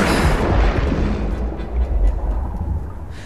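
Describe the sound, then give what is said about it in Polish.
An approaching helicopter's rotor drones overhead in a loud, steady, low roar with a faint throbbing chop running through it, sustained for the whole stretch with no voices. “Za jej plecami rozległ się warkot suwa nad głową. Już słychać było nadciągający helikopter.”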